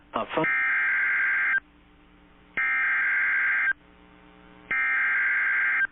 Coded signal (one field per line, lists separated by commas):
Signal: Emergency Alert System (SAME) tones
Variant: header bursts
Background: speech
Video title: EAS#126 Severe Thunderstorm Warning on WXJ76 (09/18/2022).